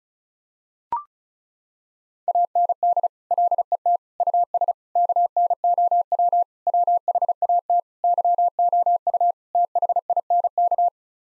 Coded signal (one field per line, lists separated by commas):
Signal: Morse code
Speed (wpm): 36 wpm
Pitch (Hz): 700 Hz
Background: none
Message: AND LET US KNOW WHAT YOU THINK